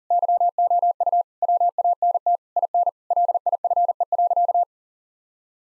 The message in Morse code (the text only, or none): YOU WANT IN LIFE.